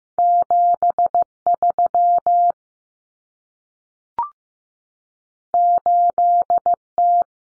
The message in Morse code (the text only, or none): 73 8T